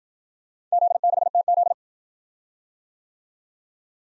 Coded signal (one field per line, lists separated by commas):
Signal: Morse code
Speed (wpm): 56 wpm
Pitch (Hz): 700 Hz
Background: none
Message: Z6TZ